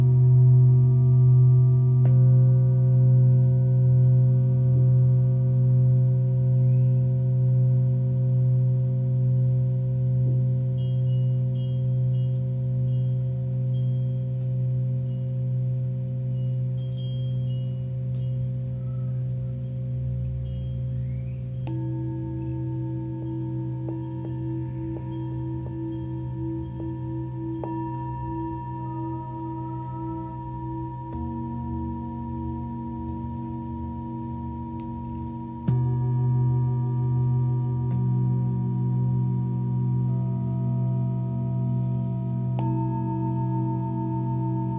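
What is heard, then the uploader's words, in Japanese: Singing bowls ring in long, sustained tones, with low humming pitches layered under clear higher overtones that hold steady for many seconds. New strikes shift the chord around 22, 31 and 36 seconds, the last one noticeably louder. Faint small chimes glint above throughout. 2023 春分 メキシコから シンギングボウルのサウンドヒーリング。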